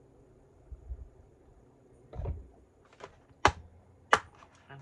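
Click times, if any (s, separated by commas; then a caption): 3.5 s, 4.1 s. A color-coded red and green craft storage case is pressed closed by its plastic lid or clip, with soft handling rustles around 2.1–2.3 s and 3.0 s. Two loud, sharp snaps follow at 3.5 s and 4.1 s as it seats shut.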